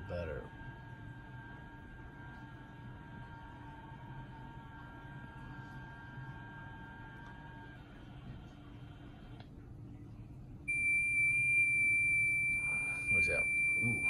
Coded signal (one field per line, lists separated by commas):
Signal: FT8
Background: speech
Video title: Open Source SDR - The sBitX from hfsignals